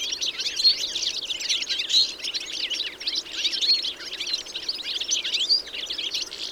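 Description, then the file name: European goldfinch calls: a thick wash of tinkling, overlapping chirps. "Carduelis carduelis"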